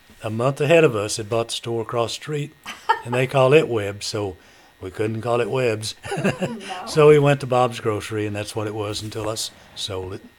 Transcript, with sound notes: a month ahead of us had bought the store across the street-- (Laughter) --and they called it Webb's, so we couldn't call it Webb's. (Chuckling)
No.
So we went to Bob's Grocery and that's what it was until I sold it.